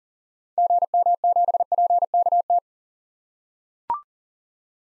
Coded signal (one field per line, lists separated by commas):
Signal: Morse code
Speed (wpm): 40 wpm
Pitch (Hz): 700 Hz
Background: none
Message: GM7PKT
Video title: 2023 SOTA Activator Call Signs - 40wpm